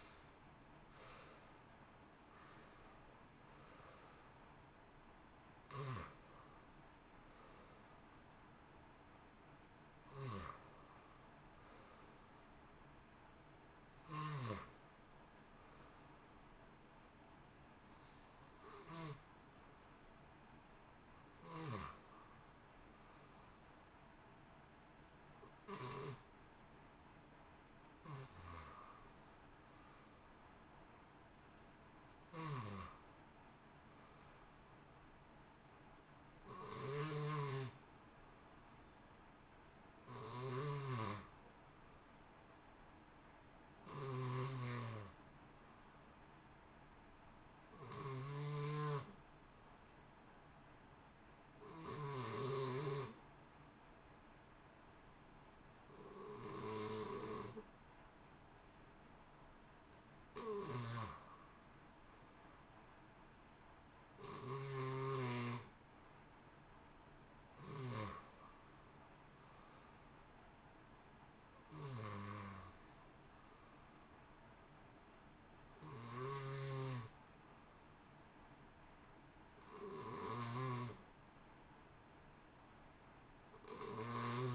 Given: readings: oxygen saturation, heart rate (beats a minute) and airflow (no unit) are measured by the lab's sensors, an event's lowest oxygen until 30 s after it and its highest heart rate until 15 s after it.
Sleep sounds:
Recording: breathing in sleep by a voice recorder at the bedside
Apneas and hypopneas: 1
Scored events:
44.00-68.20 s: hypopnea (N1, oxygen 93% highest, then 88% lowest, heart rate 59 at the start, 63 highest)
49.00-84.55 s: new sleep stage, REM sleep
From the record:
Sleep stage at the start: N1 (lightest sleep)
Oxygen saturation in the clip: 66 to 94%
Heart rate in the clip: 58 to 79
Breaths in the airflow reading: 28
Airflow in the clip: -1.2 to 1.3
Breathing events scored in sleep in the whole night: 328 in 6.3 hours asleep

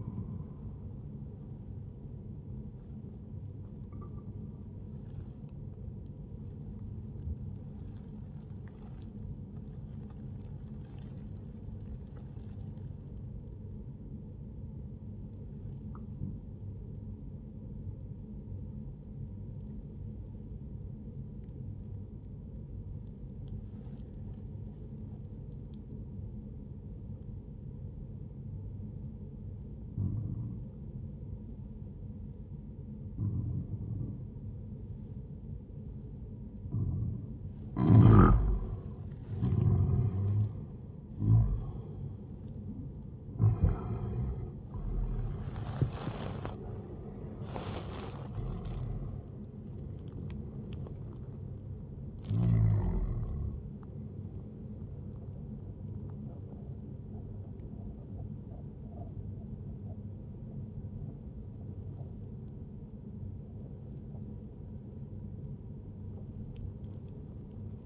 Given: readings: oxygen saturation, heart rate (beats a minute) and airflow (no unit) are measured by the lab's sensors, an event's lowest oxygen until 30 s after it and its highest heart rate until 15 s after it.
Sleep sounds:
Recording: breathing in sleep by a smartphone at the bedside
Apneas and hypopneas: 1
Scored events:
7.00-38.40 s: obstructive apnea (N1, oxygen 97% highest, then 92% lowest, heart rate 70 at the start, 81 highest)
From the record:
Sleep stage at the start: N1 (lightest sleep)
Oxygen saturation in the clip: 92 to 97%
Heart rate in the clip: 60 to 81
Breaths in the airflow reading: 5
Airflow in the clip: -12.4 to 13.6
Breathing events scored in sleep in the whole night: 131 in 7.2 hours asleep

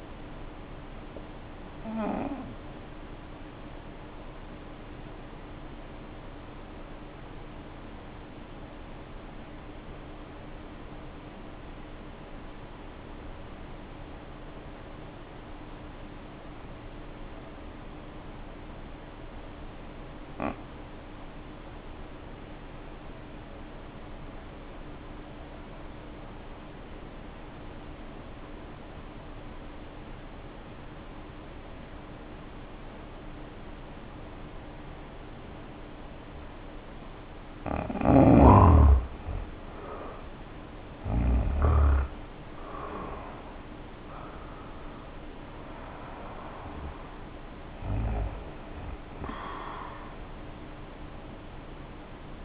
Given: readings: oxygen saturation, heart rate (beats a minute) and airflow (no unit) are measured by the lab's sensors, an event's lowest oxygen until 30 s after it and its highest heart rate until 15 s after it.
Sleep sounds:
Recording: breathing in sleep by a voice recorder at the bedside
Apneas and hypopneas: 1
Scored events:
7.00-42.60 s: obstructive apnea (N1, oxygen 90% highest, then 69% lowest, heart rate 53 at the start, 75 highest)
From the record:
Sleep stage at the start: N1 (lightest sleep)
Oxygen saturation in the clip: 72 to 90%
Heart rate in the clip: 51 to 75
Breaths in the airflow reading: 4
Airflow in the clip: -2.5 to 2.6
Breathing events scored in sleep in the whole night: 520 in 7.2 hours asleep

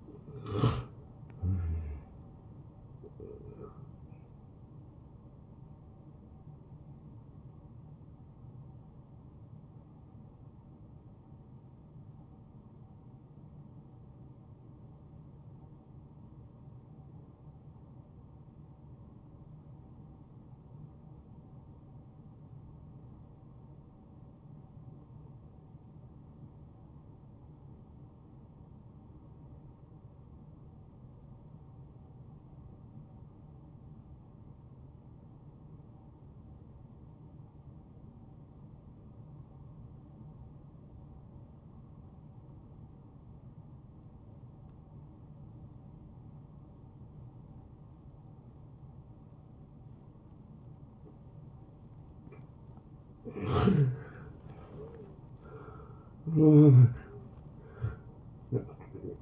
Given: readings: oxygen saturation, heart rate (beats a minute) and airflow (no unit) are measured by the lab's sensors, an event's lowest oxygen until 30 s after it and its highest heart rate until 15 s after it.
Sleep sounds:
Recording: breathing in sleep by a smartphone at the bedside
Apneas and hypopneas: 1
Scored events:
3.00-59.22 s: new sleep stage, N1 (lightest sleep)
14.00-53.40 s: obstructive apnea (N1, oxygen 92% highest, then 82% lowest)
From the record:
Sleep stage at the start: N2 (light sleep)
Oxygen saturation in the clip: 83 to 92%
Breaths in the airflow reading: 5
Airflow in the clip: -16.9 to 10.2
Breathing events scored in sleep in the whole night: 263 in 5.5 hours asleep

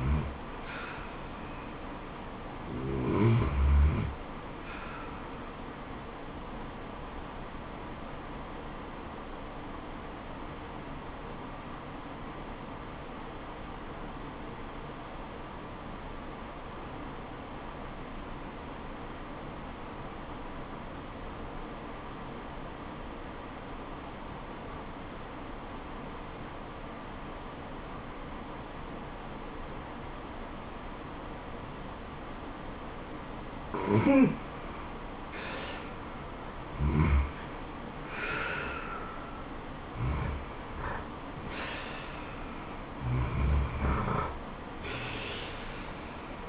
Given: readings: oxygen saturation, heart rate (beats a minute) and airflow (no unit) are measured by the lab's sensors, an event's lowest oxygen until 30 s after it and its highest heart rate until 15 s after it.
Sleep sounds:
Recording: breathing in sleep by a voice recorder at the bedside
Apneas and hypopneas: 1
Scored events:
9.00-35.70 s: obstructive apnea (REM, oxygen 97% highest, then 85% lowest, heart rate 78 at the start, 81 highest)
From the record:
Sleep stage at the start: REM sleep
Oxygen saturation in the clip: 82 to 97%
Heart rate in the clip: 70 to 81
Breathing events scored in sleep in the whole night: 426 in 7.4 hours asleep

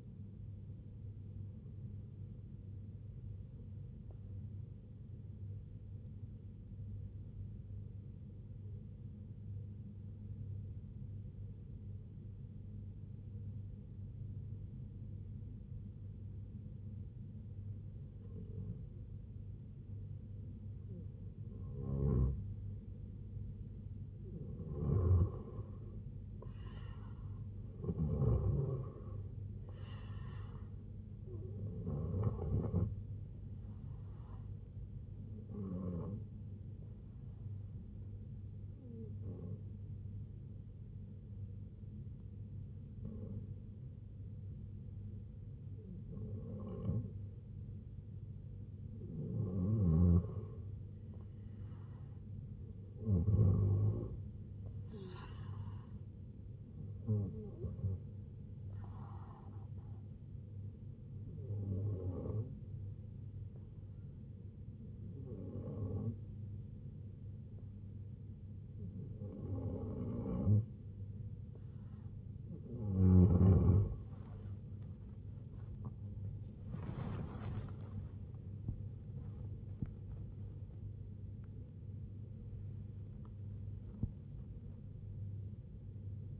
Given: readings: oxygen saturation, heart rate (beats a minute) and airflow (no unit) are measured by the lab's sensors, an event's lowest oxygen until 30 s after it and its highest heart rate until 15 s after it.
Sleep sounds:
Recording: breathing in sleep by a smartphone at the bedside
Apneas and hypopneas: 3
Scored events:
4.00-27.20 s: hypopnea (N1, oxygen 94% highest, then 81% lowest, heart rate 70 at the start, 87 highest)
35.00-52.60 s: hypopnea (N1, oxygen 92% highest, then 87% lowest, heart rate 75 at the start, 83 highest)
59.00-75.00 s: hypopnea (N1, oxygen 92% highest, then 87% lowest, heart rate 80 at the start, 99 highest)
From the record:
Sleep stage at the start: N1 (lightest sleep)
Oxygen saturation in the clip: 81 to 94%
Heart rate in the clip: 69 to 99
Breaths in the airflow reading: 17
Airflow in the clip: -10.0 to 11.6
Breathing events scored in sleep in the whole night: 258 in 7.4 hours asleep

